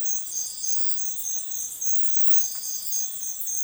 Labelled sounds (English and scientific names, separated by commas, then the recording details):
none
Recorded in dense forest near Puerto Asís, Putumayo, Colombia, on 18 February 2024 at 05:00
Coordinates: 0.505, -76.324
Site G6467